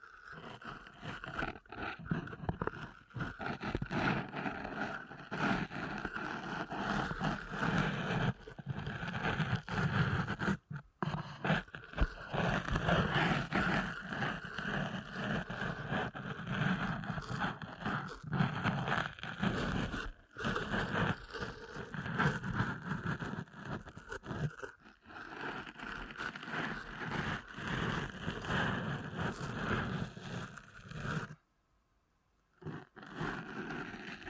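Deep ear canal massage sounds: a dense, continuous rubbing and scratching texture with a low muffled rumble underneath. The rustle stays busy and fairly even, broken by brief pauses near 11, 20 and 25 seconds and a silent gap around 32 seconds.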